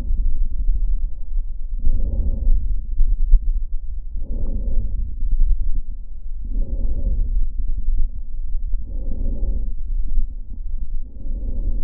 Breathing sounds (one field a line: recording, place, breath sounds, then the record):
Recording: lung sounds by stethoscope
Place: left posterior middle chest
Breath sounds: normal breath sounds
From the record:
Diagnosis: none (healthy)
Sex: male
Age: 30 years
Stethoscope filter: diaphragm mode, 100 to 500 Hz